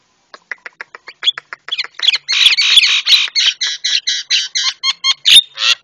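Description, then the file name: Javan myna song: sparse clicks building into a fast, loud stream of harsh chattering and squeaky notes, with a sharp crack near the end. Masteran for training cage birds; white-eyed form (mata putih). "masteran jalak kebo mata putih"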